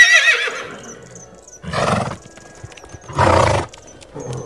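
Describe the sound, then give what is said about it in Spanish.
A ridden horse comes to a stop and lets out a short, high-pitched whinny, then gives two loud, breathy snorts spaced about a second and a half apart. No one speaks. “Baja del caballo, no tengas miedo.”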